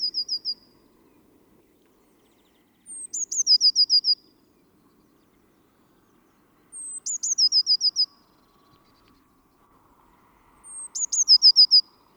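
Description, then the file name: Eurasian blue tit calling with a high thin note leading into a short run of tinkling, falling notes. It repeats roughly every four seconds in a quiet setting. "Cyanistes caeruleus"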